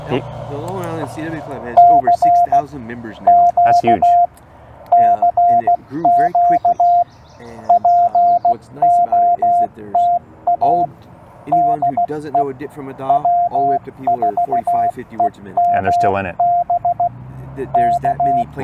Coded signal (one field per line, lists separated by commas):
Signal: Morse code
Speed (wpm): 16 wpm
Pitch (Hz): 690 Hz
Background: speech, radio noise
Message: CQ CQ POTA DE W4EMB K